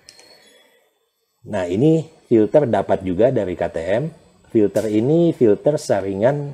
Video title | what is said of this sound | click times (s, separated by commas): Perlengkapan standar motor baru KTM dan Husqvarna | ini ini langsung masuk ke lubangnya akan yang yang ada bunyi klik itu nah | 0.1 s